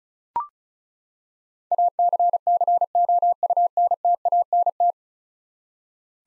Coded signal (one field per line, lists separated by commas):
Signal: Morse code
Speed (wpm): 36 wpm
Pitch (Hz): 700 Hz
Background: none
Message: ACCOUNTANT